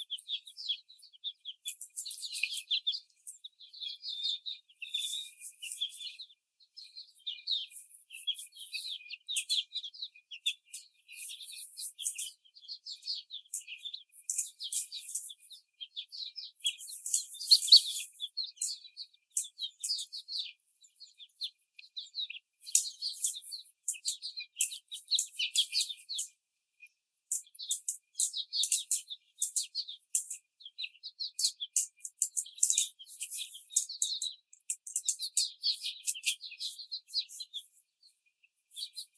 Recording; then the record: young laying hens in a cage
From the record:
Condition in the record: before the stressor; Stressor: simulated dog barking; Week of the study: 4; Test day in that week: 3